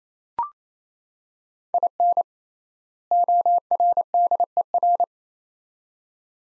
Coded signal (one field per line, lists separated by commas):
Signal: Morse code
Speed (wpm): 28 wpm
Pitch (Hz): 700 Hz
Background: none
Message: IN ORDER